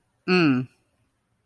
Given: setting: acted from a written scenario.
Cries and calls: vocal sound without words; neutral

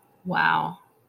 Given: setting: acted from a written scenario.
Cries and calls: vocal sound without words; awe

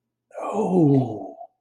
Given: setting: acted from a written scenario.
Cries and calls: vocal sound without words; ecstasy

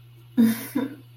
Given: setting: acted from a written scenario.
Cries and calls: vocal sound without words; distress

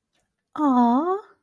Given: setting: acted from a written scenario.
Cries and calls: vocal sound without words; adoration

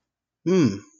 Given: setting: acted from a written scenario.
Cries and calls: vocal sound without words; realization

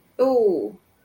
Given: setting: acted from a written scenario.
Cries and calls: vocal sound without words; pain

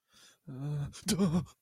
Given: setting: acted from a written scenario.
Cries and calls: vocal sound without words; fear

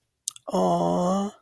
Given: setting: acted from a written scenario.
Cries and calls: vocal sound without words; adoration

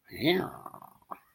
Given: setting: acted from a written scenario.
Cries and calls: vocal sound without words; romantic love

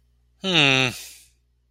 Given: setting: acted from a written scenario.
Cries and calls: vocal sound without words; interest

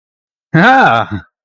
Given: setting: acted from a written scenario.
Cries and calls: vocal sound without words; positive surprise

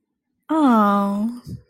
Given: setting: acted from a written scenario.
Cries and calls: vocal sound without words; adoration

